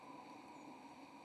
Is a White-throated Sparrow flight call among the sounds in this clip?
yes